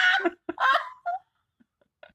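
An adult woman's held-in sneezes: several short, strained, squeaky bursts in quick succession, then near silence and a couple of faint catches. She forces them back hard, so they sound strangled rather than explosive. The sneezing comes from an allergy to the household dog.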